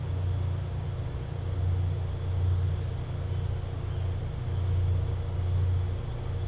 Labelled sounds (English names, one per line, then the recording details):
none
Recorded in dense forest near Puerto Asís, Putumayo, Colombia, on 13 March 2025 at 10:30
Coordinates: 0.468, -76.322
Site GP01